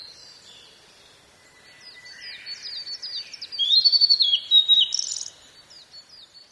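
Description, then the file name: Blue-and-white flycatcher song: quieter high notes build into a loud phrase of slurred whistles, then softer notes follow. "ooruri"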